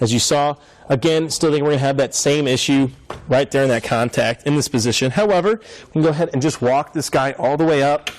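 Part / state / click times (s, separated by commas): platform bike rack pivot latch locking the rack upright on the hitch mount / not seated / none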